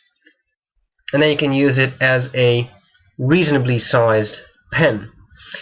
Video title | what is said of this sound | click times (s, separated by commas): Fountain Pen Shootout #4: Kaweco Sport Classic vs. Pilot Petit1 | and the cap actually clicks in place | 0.3 s